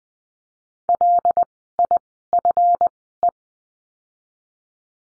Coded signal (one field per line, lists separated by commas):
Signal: Morse code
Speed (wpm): 20 wpm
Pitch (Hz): 700 Hz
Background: none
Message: LIFE